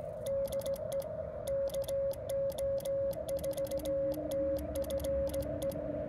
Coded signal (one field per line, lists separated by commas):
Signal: Morse code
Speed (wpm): 16 wpm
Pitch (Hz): 550 Hz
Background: music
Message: DE KO4TFE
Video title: Calling for help at K-1256 - A troubled POTA straight key activation #cw #pota #parksontheair #qrp